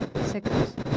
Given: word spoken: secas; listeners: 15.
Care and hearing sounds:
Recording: one Spanish word in noise, from a listening test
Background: noise modulated by one talker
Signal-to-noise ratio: -9.9 dB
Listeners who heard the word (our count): 3 of 15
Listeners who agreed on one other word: 6 of 15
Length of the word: 0.57 s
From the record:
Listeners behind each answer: 6, 4, 3, 1, 1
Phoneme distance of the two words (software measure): 17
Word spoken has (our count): 2 syllables, 5 phonemes, stress on syllable 1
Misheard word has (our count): 2 syllables, 6 phonemes, stress on syllable 1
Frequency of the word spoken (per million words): 11.59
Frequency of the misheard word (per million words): 4.38

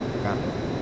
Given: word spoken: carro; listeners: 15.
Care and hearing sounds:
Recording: one Spanish word in noise, from a listening test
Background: speech-shaped noise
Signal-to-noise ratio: -4.3 dB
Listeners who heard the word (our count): 1 of 15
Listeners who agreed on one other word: 6 of 15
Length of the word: 0.42 s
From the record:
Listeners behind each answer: 6, 2, 1, 1, 1, 1, 1, 1, 1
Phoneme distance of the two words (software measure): 20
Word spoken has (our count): 2 syllables, 4 phonemes, stress on syllable 1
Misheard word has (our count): 2 syllables, 4 phonemes, stress on syllable 1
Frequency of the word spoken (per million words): 19.12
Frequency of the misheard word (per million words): 100.47

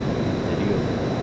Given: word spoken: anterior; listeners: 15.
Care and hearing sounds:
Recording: one Spanish word in noise, from a listening test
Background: speech-shaped noise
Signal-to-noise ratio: -5.0 dB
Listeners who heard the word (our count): 0 of 15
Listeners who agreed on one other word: 7 of 15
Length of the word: 0.82 s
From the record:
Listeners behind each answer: 7, 2, 1, 1, 1, 1, 1, 1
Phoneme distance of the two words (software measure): 10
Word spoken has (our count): 3 syllables, 8 phonemes, stress on syllable 3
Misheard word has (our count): 3 syllables, 8 phonemes, stress on syllable 3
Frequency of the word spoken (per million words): 185.56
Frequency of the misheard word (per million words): 204.49

